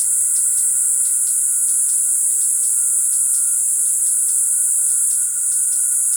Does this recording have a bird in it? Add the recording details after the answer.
no. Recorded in forest near Pivijay, Magdalena, Colombia, on 16 April 2023 at 18:00. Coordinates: 10.467, -74.380. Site Z5-G034